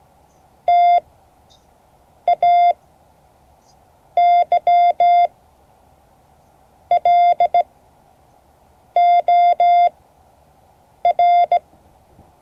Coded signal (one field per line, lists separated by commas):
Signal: Morse code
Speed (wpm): 17 wpm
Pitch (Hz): 700 Hz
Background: none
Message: TAYLOR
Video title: Morse code class 2024-07-28 (4 of 12)